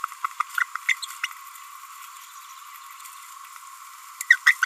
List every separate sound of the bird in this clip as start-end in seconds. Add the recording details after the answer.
0.24-0.26, 0.89-0.92, 1.02-1.05, 1.23-1.26, 4.30-4.36, 4.46-4.51, 4.62-4.65. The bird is a female. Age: 29 days. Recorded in a nest box in Venezuela. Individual 17B42A4